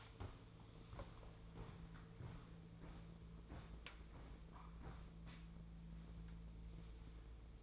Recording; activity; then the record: daily activity, microphone in the room; walk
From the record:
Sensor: 1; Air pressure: 1005.5 hPa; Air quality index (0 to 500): 124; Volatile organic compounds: 5 ppm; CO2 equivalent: 1742 ppm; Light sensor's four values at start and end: 10/25/10/11 and 11/27/11/12